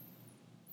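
After a brief quiet, one low, rough rumbling breath from a dog: a snore.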